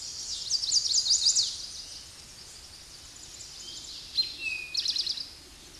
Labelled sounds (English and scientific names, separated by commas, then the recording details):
Eastern Towhee (Pipilo erythrophthalmus) song
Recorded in a Pennsylvania forest on 16 May 2024 at 08:26
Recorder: AudioMoth, point MSD-2443
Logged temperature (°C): 16.4 °C
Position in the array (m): 169 m, 190 m